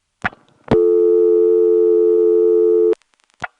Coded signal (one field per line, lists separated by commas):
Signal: telephone call progress tone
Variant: North America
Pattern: dial tone